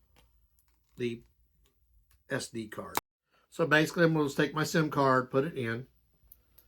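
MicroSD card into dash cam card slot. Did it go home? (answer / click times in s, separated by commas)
yes / 6.3 s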